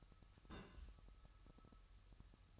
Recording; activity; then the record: daily activity, microphone in the room; place on stove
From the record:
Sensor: 2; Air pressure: 1001.8 hPa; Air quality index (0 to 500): 246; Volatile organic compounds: 35 ppm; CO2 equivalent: 3064 ppm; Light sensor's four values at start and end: 5/11/4/5 and 5/11/4/5